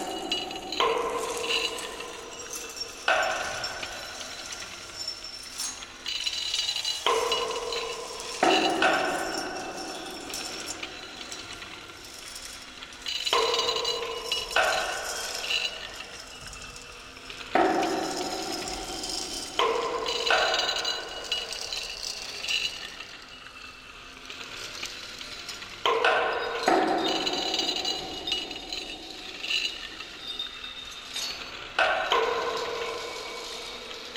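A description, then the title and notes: Hollow square metal posts are tapped every few seconds, each strike ringing out in a bright, clanging tone that slowly fades. Between the hits, keys scrape and drag along a metal railing, leaving a thin, rattling metallic wash. The basic recording included some tapping of hollow square metal posts and keys dragging on metal tube hand railing or against cinderblock walls. All this in a multi-story apartment stairwell as recorded with a humble sm'phone running Titanium Recorder.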